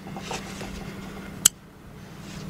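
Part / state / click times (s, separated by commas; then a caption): electric fuel pump into fuel pump module bracket / seated / 1.5 s. A new electric fuel pump for a 2001 Lincoln LS 3.0 is pulled up into the fuel pump module bracket until it snaps in place. A single sharp click is heard at 1.5 s over a steady low hum and faint rustling. The pump is seated.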